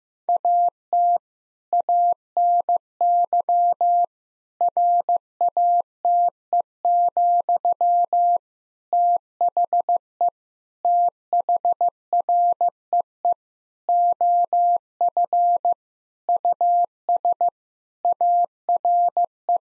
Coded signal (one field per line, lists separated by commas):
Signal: Morse code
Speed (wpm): 15 wpm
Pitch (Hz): 700 Hz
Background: none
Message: AT ANY RATE, THE THREE OF US ARE